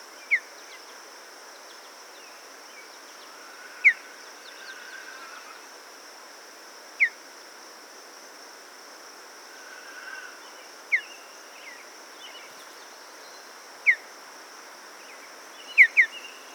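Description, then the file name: Mountain bluebird repeating brief descending call notes every few seconds, ending with a quick double note, over a constant high-pitched hum. "Mountain Bluebird - Sialia currucoides"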